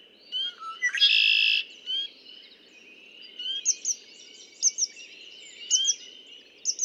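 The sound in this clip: Red-winged blackbird song: a short low note, then a harsh buzzy trill lasting about half a second, over a steady chorus of other birds with repeated high paired chirps.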